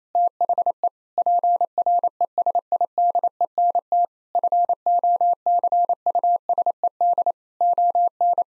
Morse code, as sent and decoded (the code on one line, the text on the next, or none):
- .... . / .--. .-. . ... .. -.. . -. - / ..-. --- -.-. ..- ... . -.. / --- -.
THE PRESIDENT FOCUSED ON